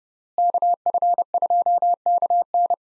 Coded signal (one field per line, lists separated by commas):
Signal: Morse code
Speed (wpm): 30 wpm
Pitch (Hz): 700 Hz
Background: none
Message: KF2KN